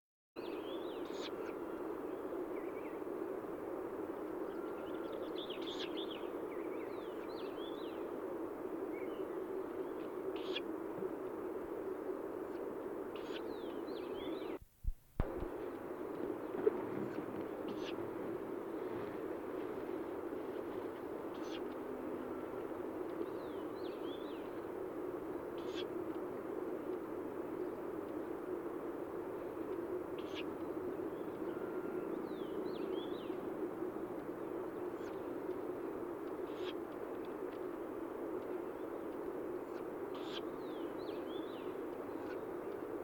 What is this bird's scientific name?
Strix uralensis